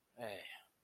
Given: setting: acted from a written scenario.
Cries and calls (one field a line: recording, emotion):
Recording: vocal sound without words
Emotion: disappointment